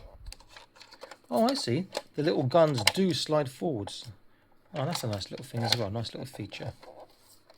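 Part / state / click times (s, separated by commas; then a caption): sliding gun on a toy spaceship hull / not seated / none. A small plastic gun on the hull of a 1:18 scale Star Trek shuttle toy is slid forward, with a few faint taps in the first second before someone talks over most of the clip. The gun does not click into a detent or stay in place, and nothing has clicked or seated.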